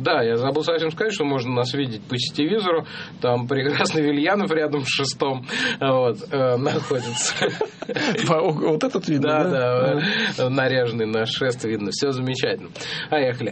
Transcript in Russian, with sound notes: Да, я забыл совсем сказать, что можно нас видеть по сетевизору, там прекрасный Вильянов рядом с шестом, вот, находится.
(смех) Вот этот вид, да?
Да. Наряженный наш шест видно, все замечательно. Поехали.